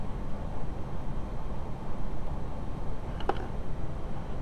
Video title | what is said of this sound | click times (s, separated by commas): Audi C5: 2.7LT A6 Coolant temperature sensor replacement | make sure the connector clicks into place | 3.3 s